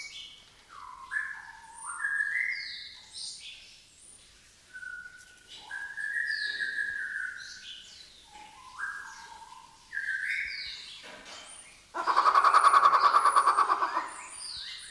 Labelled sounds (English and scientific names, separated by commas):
White-rumped Shama (Copsychus malabaricus)